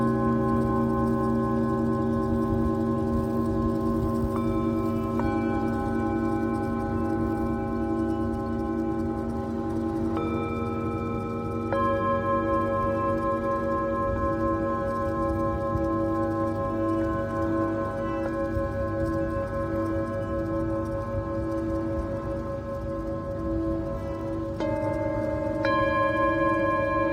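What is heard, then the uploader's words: A Tibetan singing bowl hums with a long, steady ring, its low drone sustained throughout the clip. Fresh strikes add brighter overtones around 5, 10, 12 and 25 seconds, each layering onto the ongoing resonance at an even, unchanging loudness. Tibetan Singing Bowl のサウンドヒーリングLIVE.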